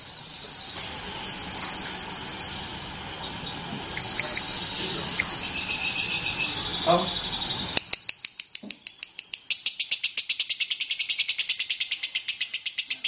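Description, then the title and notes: Lovebird: mixed high squeaks and hiss, then a fast series of shrill chattering notes. Long lovebird ngekek song, used as a lure song (kicau pancingan). "Master Kicau Lovebird ngekek, kicau pancingan"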